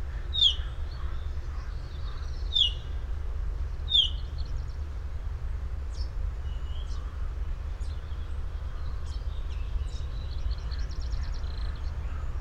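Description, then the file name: Common chaffinch calling three sharp, downward-slurred notes early on, then faint high chirps over a constant low rumble. "Fringilla coelebs"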